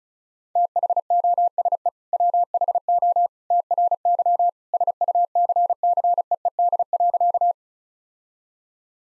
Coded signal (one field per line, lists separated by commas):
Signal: Morse code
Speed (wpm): 36 wpm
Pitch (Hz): 700 Hz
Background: none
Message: THOSE WHO TRY SUCCEED.